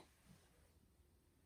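A metal lipstick cap is handled over its lipstick tube while being closed to show off the packaging. Only a low, steady background rumble with faint rustling is heard, with no sharp hits. Nothing has seated or clicked yet.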